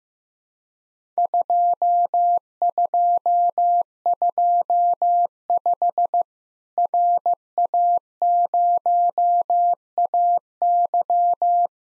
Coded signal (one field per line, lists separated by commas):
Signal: Morse code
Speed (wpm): 16 wpm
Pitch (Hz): 700 Hz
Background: none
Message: 2225 RA0AY